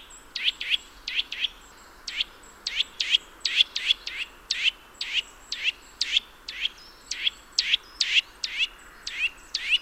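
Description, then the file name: Eurasian nuthatch calling rapidly, sharp high rising notes repeated about twice a second in a fairly even run, with faint hiss behind. "Sitta europaea"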